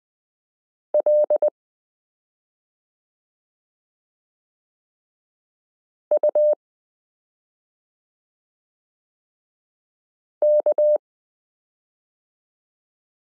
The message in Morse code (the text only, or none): LUK